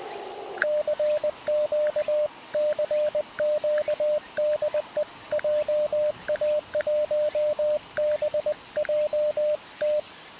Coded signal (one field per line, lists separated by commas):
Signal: Morse code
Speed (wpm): 20 wpm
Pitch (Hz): 590 Hz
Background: radio noise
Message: CQ CQ DE JA1BJT